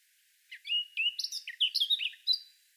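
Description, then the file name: Eurasian blackcap giving one quick phrase of clear whistled notes and chattering twitters, lasting about two seconds. "Sylvia atricapilla"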